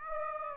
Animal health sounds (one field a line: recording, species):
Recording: mosquito wingbeat signal from an infrared sensor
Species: Aedes aegypti